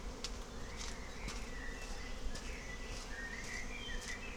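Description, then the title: Bees hum in a dense, constant drone, with faint bird whistles and several brief ticking sounds. Bees in a forest in May, fine spring weather, with birds also very active; Klettenstieg, Rahlstedt, Wandsbek, Hamburg, Germany; recorded on an Olympus LS12 with a 'bathtub double-neck' microphone. "Klettenstieg, Rahlstedt, Wandsbek, Hamburg, 22143, Deutschland - Bienen und Vögel im Wald - im Mai"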